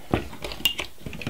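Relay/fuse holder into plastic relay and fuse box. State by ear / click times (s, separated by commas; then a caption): seated / 0.6 s. A relay or fuse holder is lined up the right way and pushed into a plastic DIY relay and fuse box. After a few soft handling knocks, a sharp little click at 0.7 s shows it has snapped in and is seated. A couple of faint taps follow near the end.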